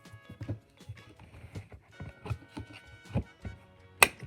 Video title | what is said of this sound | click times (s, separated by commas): Installing a Givi 33L Top Case on a Honda sh150i | latched in okay | 4.0 s